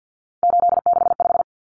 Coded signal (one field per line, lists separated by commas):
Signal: Morse code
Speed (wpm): 50 wpm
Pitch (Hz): 700 Hz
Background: none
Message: 865